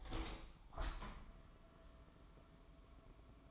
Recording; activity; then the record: daily activity, microphone in the room; open window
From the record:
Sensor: 1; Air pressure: 1000.5 hPa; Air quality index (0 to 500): 184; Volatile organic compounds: 4 ppm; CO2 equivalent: 1696 ppm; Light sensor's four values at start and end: 10/24/10/11 and 10/25/10/12